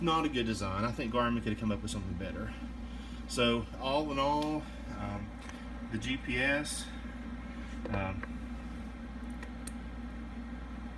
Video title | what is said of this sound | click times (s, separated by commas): Garmin Zumo XT Install on 2019 Can Am Spyder RT Limited | it clicked in I know if you heard that clicker but now it seems seems pretty solid and | 9.7 s